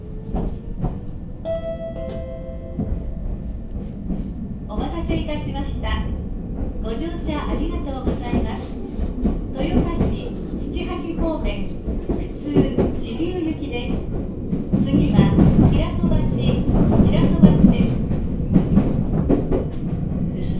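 A Meitetsu Toyota Line train rolls along, its low rumble steady throughout and growing heavier after about 14 seconds. Early on, brief tonal chimes sound around two seconds in, and voices talk on and off over the running noise.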